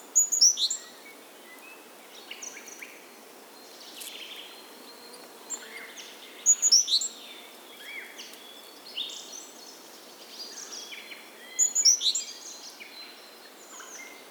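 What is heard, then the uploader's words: A calm forest day with birds calling in a quiet, hissy background. Bright, rapid chirping phrases come roughly every six seconds, near the start, middle and end, with softer, scattered calls and twitters between them. There is no low rumble at all. Calm Day in the Forest.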